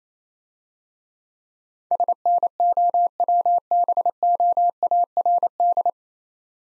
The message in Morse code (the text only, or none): SNOWBOARD